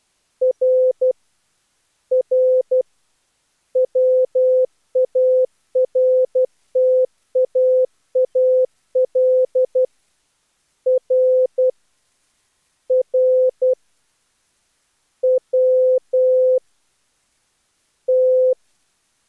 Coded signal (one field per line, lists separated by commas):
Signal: Morse code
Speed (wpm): 16 wpm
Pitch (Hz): 500 Hz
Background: none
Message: R R WARTAAL RR WT